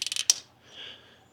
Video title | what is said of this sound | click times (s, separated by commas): Velotric Fold 1 Review: Great UL Certified High Quality Folding E-Bike | push it till you hear the click and you're good | 0.3 s